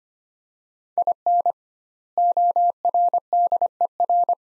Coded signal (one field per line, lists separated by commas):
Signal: Morse code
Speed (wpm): 25 wpm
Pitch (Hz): 700 Hz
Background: none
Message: IN ORDER